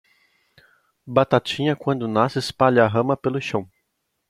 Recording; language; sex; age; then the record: short text; Brazilian Portuguese; male; 20 to 29 years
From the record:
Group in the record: control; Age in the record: 22 years